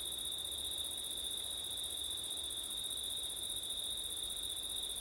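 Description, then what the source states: Crickets trilling in a steady, unbroken chorus of high, shrill tones with no pauses, and a faint low rumble underneath. Crickets recorded on a September night with wind; ORTF stereo setup.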